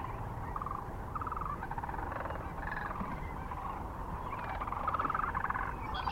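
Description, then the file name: Sandhill Crane calls, overlapping rolling rattles from many birds in a continuous chorus, with low background rumble throughout. Recorded near Kearney, Nebraska, on 9 March 2004. "2004-03-09 SACRandmore B Kearney NE"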